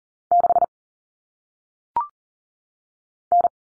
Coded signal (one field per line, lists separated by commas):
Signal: Morse code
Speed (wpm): 40 wpm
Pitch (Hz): 700 Hz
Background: none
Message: 6 N